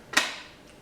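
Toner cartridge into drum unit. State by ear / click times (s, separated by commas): seated / 0.2 s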